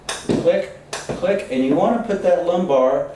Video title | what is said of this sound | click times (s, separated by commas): How To Adjust a 24-7 Chair for Control Rooms and 911 Call Centers | are half-inch increments you can hear it click click click click | 0.1 s, 0.9 s